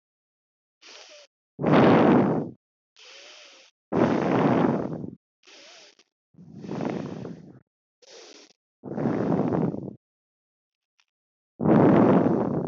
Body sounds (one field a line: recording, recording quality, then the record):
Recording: deep breathing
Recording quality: excellent, no background noise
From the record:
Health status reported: healthy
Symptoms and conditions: none ticked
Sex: female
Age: 26 years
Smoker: yes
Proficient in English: yes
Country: India